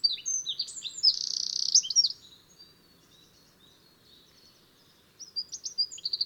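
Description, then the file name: Eurasian wren song: loud, high, rapid trill and chattering notes for two seconds, a quiet gap, then sharp repeated notes starting again. "Troglodytes troglodytes"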